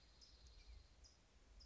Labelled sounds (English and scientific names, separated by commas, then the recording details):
California Towhee (Melozone crissalis)
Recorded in Sonoma County, California